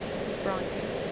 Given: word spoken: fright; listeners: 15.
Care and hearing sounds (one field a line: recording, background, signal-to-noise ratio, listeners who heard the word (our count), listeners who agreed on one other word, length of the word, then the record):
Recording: one English word in noise, from a listening test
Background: speech-shaped noise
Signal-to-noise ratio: -4.8 dB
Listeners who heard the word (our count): 4 of 15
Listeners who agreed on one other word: 8 of 15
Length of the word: 0.72 s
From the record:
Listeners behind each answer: 8, 4, 1, 1, 1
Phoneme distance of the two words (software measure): 10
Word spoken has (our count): 1 syllable, 4 phonemes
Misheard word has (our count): 1 syllable, 4 phonemes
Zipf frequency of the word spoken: 3.55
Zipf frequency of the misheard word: 4.82